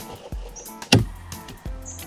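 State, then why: Seated. A metal component of a Jetboil Minimo camping stove is twisted the correct way onto the stove and pot after an earlier twist in the wrong direction, with soft scrapes and knocks around the twist. It locks in place with a sharp, loud click at 0.9 s, and the stove is ready to cook.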